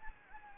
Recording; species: mosquito wingbeat signal from an infrared sensor; Anopheles gambiae